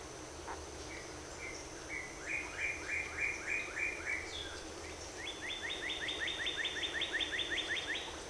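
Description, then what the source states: Prairie warbler song: a series of rapid buzzy notes climbing in steps to a higher, faster run, heard over steady background hiss. Recorded 14 April 2018.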